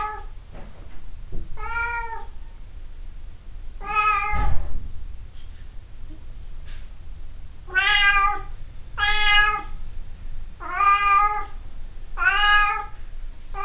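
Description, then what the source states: Cat meowing, a series of drawn-out harmonic meows in two bursts, with a short thump around the middle and quiet low hum underneath. 26 April 2008.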